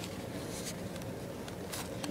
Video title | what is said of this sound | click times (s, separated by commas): XTG-SOL 1500 Premium Solar Charger | it's just on a flexible wire that pops right in there | 2.0 s